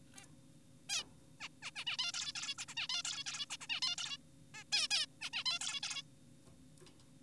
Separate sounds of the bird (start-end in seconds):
0.16-0.25, 0.89-1.04, 1.40-1.49, 1.62-1.71, 1.76-1.84, 1.87-1.97, 1.99-2.12, 2.14-2.32, 2.36-2.55, 2.58-2.65, 2.68-2.75, 2.77-2.88, 2.90-3.02, 3.05-3.24, 3.26-3.46, 3.50-3.57, 3.61-3.67, 3.70-3.80, 3.82-3.96, 3.98-4.17, 4.54-4.64, 4.72-4.88, 4.91-5.06, 5.21-5.30, 5.33-5.44, 5.46-5.59, 5.61-5.81, 5.83-6.02